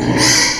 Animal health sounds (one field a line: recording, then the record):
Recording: squeal of a Yucatan mini pig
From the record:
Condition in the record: before surgery on the right vocal fold (resection and tissue-engineered implant)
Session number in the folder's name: 2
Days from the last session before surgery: 0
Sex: male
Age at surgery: 12 weeks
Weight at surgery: 13 kg